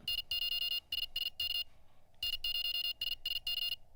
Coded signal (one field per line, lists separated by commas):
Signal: Morse code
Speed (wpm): 50 wpm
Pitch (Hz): 2850 Hz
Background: none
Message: N0SSK N0SSC